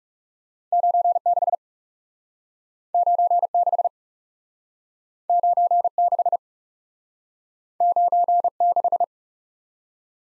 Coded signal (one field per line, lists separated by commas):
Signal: Morse code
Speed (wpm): 38 wpm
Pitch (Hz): 700 Hz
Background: none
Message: 96 96 96 96